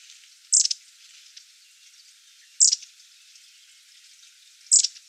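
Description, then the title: Long-tailed tit calls, three high rasping trilled bursts spaced about two seconds apart, quiet between them. "Sylvain Jaskowiak - Mes piafs. Mésanges à longue queue"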